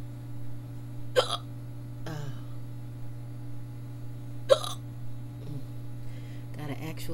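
Two sharp, abrupt hiccup sounds stand out about three seconds apart, with several softer catches of breath around them, over a steady low hum. These are ordinary, painful hiccups in an adult woman, brief involuntary gulping sounds that came on after repeated burping.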